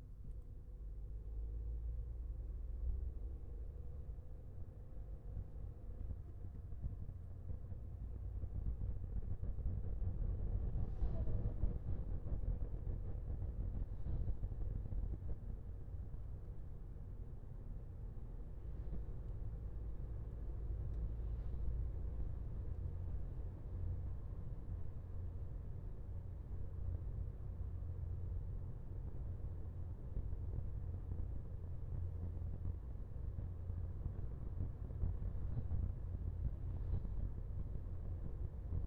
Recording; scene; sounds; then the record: everyday scene through a hearing-aid microphone; in a vehicle; engine, highway driving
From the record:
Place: Skoda Fabia, gasoline engine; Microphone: behind the ear, left, rear